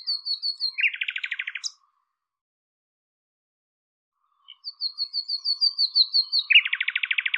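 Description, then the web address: Bird calling: a fast run of thin high notes gives way to a dense buzzy trill, and the whole pattern plays twice with silence between. "cianscape birddata Deverinetal 2025"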